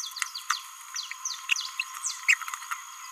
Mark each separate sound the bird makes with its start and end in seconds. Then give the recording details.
2.29-2.34. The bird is a male. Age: 27 days. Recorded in a nest box in Venezuela. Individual 17B31A2